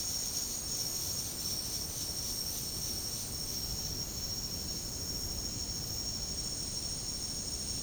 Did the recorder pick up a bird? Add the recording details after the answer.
no. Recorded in secondary vegetation near Puerto Asís, Putumayo, Colombia, on 21 February 2024 at 09:30. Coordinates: 0.489, -76.322. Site G6419